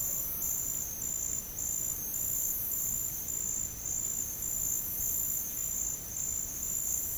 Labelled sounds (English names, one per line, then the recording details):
none
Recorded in dense forest near Puerto Asís, Putumayo, Colombia, on 29 June 2025 at 15:30
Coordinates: 0.503, -76.323
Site G059